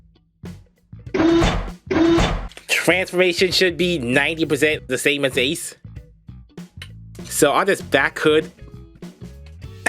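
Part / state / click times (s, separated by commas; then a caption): plastic back hood panel on its ratchet hinge in the toy body / seated / 9.9 s. Someone talks over music while the plastic back hood panel of a transforming robot toy is swung on its ratchet hinge in the toy body during transformation. A sharp ratchety click comes at 9.9 s as the panel clicks into place at 90 degrees and seats.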